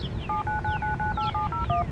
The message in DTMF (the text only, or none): 799998701